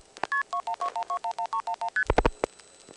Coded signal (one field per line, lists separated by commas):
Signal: multi-frequency trunk signalling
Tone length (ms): 90 ms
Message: KP2121211311ST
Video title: Dialing Those Mysterious "1xx" and "0xx" Codes, 1974-1980